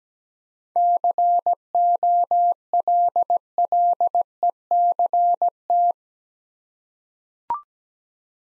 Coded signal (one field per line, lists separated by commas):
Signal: Morse code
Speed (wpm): 17 wpm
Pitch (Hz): 700 Hz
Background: none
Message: COLLECT